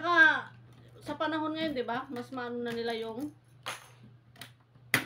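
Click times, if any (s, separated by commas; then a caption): 4.9 s. The hard plastic lid of a 45 L motorcycle top box is pushed down onto its base until it latches shut. Someone talks through most of the clip, a few faint knocks follow, and a sharp, loud hit at 4.9 s marks the lid locking into place.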